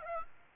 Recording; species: mosquito wingbeat signal from an infrared sensor; Aedes aegypti